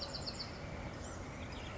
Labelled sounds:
Bewick's Wren (Thryomanes bewickii)
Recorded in Sonoma County, California

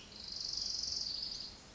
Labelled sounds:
Pacific Wren (Troglodytes pacificus)
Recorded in Sonoma County, California

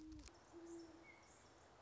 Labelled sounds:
Great Horned Owl (Bubo virginianus)
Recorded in Sonoma County, California

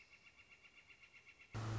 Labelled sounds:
Northern Flicker (Colaptes auratus)
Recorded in Sonoma County, California

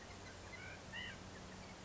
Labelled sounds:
White-breasted Nuthatch (Sitta carolinensis)
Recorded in Sonoma County, California

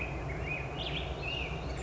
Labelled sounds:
Black-headed Grosbeak (Pheucticus melanocephalus)
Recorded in Sonoma County, California

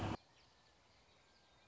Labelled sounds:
Song Sparrow (Melospiza melodia)
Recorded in Sonoma County, California

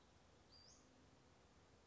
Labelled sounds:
Western Flycatcher (Empidonax difficilis)
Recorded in Sonoma County, California

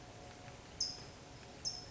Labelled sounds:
California Towhee (Melozone crissalis)
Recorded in Sonoma County, California

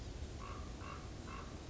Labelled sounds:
Common Raven (Corvus corax)
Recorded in Sonoma County, California

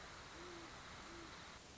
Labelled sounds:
Great Horned Owl (Bubo virginianus)
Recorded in Sonoma County, California

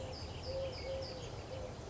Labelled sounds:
Eurasian Collared Dove (Streptopelia decaocto)
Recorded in Sonoma County, California

